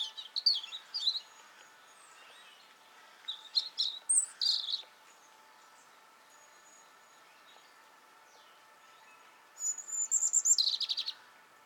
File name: Erithacus rubecula - European Robin